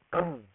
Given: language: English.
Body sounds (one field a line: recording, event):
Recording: throat vibration sensor signal played as sound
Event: throat clearing